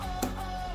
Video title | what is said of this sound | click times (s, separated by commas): Version 2 spyder Headlights install | Okay, snap right in. This thing won't come out. | 0.2 s